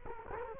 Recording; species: mosquito wingbeat signal from an infrared sensor; Culex quinquefasciatus